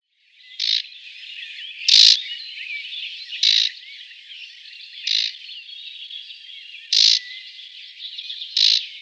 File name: Marsh Warbler